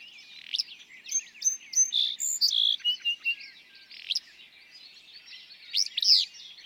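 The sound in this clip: Willow flycatcher song, sharp burst phrases at start and end, with assorted whistles and chips from other birds in the middle.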